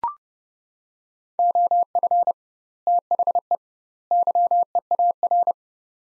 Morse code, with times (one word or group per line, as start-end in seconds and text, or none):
1.4-2.3 OF
2.9-3.6 THE
4.1-5.5 YEAR